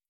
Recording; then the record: hydrophone in a shrimp aquaculture tank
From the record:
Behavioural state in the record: stressed